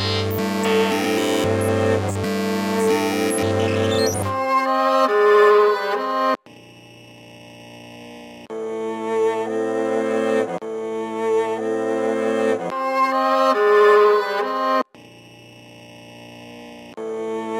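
An old record plays on a gramophone, its sound winding up and down. The first four seconds are thick and harsh, ending in a rising sweep; then come cleaner sustained tones that change every couple of seconds, with brief dropouts near six and fifteen seconds.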